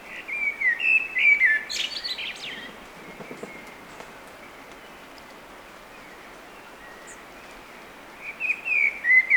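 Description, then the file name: Eurasian blackbird singing a bubbling whistled phrase with a squeaky end, a long quiet pause, then the next fluty phrase beginning. "Turdus merula"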